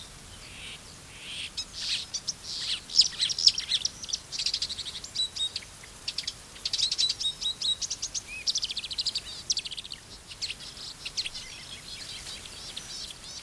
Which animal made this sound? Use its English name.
Marsh Warbler